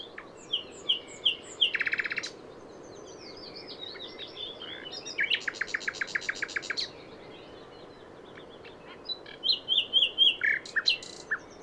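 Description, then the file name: Common nightingale singing varied phrases: sweet whistles, buzzy rattles and rapid repeated notes, a fast burst of identical notes midway, pauses between phrases. "Luscinia megarhynchos"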